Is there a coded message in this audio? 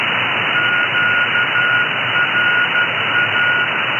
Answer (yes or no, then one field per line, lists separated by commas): yes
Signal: Morse code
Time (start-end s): 0.6-3.6 s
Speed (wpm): 12 wpm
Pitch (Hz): 1440 Hz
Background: none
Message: QRA